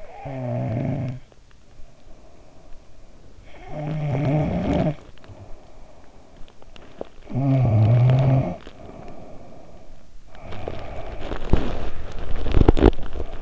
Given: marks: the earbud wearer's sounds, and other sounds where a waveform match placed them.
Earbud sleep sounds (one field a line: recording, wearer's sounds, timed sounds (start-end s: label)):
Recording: sounds in sleep by an in-ear microphone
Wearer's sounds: snoring breath, breath, teeth grinding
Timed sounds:
0.00-10.03 s: snoring breath
4.03-5.53 s: sound from someone else or the room
10.03-11.85 s: breath
10.03-13.42 s: teeth grinding
12.86-13.42 s: breath